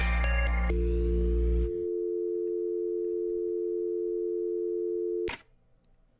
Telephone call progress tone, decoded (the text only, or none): dial tone